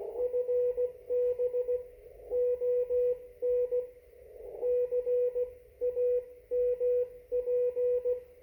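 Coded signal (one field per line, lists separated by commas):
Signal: Morse code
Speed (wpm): 16 wpm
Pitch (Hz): 490 Hz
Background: radio noise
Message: FB ON CAMP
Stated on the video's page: CQ call and CW conversation at 1 watt on the 30 meter band between southwest Ohio and northern Wisconsin, 519 miles apart.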